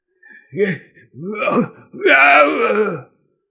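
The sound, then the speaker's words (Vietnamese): A tall jiangshi (Chinese zombie) roars in three drawn-out, throaty moaning cries without syllables, each bending up and down in pitch, the last one longest and loudest, with no speech. “Miệng Cương Thi cao lớn gầm lên một hồi, mắt lộ ra vẻ vội vàng.”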